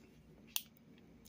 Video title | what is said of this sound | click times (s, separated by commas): Kenwood tk 2180 | You slide it down there and you'll hear a click, | 0.6 s